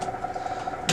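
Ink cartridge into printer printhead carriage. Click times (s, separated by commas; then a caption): 0.9 s. A new plastic ink cartridge is slid down into its printhead slot in the carriage of an Epson WorkForce WF-7610 printer and pushed straight down. Over a steady mechanical hum with a faint tick near 0.2 s, a sharp, bright click at 0.9 s marks the cartridge seating into place.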